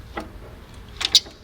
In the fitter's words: Oh yeah, did you just hear that? Click! And it released down there.